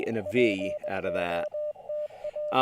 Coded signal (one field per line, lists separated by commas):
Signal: Morse code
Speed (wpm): 20 wpm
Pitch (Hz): 600 Hz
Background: speech, radio noise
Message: POTA